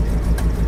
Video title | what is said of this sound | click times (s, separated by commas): 1959 ford retractable coral and white for sale at www coyoteclassics com | Right there, hear the clicks. | 0.4 s